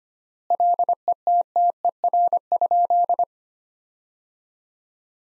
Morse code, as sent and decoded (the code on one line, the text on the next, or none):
.-.. . - - . .-. ..--..
LETTER?